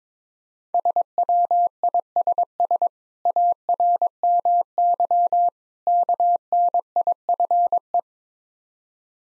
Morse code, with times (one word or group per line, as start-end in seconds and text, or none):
0.7-2.9 SWISS
3.3-5.5 ARMY
5.9-8.0 KNIFE